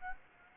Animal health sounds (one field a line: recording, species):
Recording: mosquito wingbeat signal from an infrared sensor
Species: Aedes aegypti